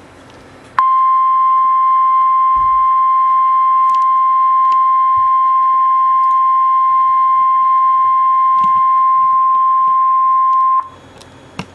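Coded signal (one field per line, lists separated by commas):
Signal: Emergency Alert System (SAME) tones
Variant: 1050 Hz attention tone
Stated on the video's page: Real Severe Thunderstorm Warning from NWS Louisville during a major outbreak, recorded from an online weather radio stream for New Albany, IN.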